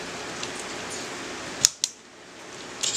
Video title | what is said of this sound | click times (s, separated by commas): HTPC: Home Theater PC Build | and simply push down till the tabs snap into place just | 1.6 s, 1.8 s